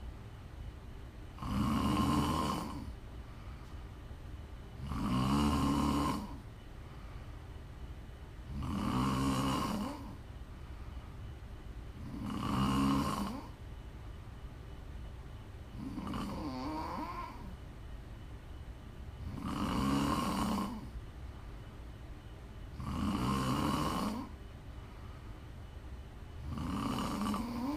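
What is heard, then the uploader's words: Someone snores loudly, with each rasping snore lasting about a second and coming roughly every three and a half seconds in a steady rhythm. Between snores there is a quiet, low hum and a faint breathy hiss. Please enjoy some prime ASMR snoring.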